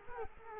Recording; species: mosquito wingbeat signal from an infrared sensor; Culex quinquefasciatus